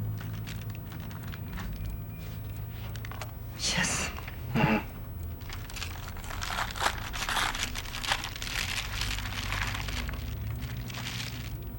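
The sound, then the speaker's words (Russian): A bag is set down on a table with crinkling, rustling plastic, including a couple of louder crunchy bursts, then lighter crackles that continue steadily. A voice briefly speaks. “Кладет пакет на стол.”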